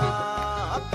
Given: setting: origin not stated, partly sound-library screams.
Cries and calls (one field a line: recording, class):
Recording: one-second piece from a danger detection set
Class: normal situation